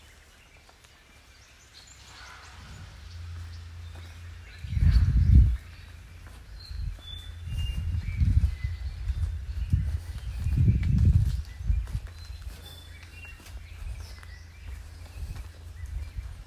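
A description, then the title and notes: A misty morning walk through rainforest, with heavy low thumps and rustles from footsteps or handling swelling around five, eight and eleven seconds over a steady low rumble. Faint, thin bird calls drift in, mostly in the middle of the recording. Misty morning walk through the Rondo Reserve project at Kakamega Rainforest.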